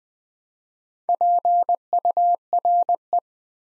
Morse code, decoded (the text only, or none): PURE